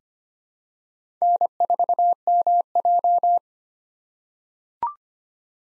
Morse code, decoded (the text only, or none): N4MJ